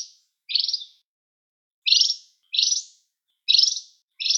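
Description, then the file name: Mayotte white-eye: small bird giving buzzy, rasping high calls, several spaced at irregular intervals with silence between. Recorded on Mayotte; local name shilaputu. "zoste rops de mayotte - shilaputu"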